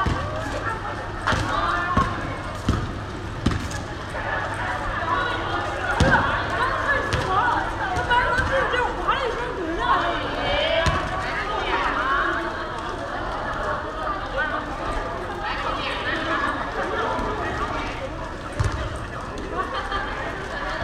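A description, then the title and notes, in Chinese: Inside an echoing basketball gym, young players' voices overlap constantly while balls thud on the floor in sharp, irregular bounces, several in the first few seconds and more scattered throughout. The hall's reverberation smears shouts and footsteps into a steady, busy wash. 篮球馆：少年、篮球、回声。西安。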